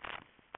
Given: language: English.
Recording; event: throat vibration sensor signal played as sound; swallow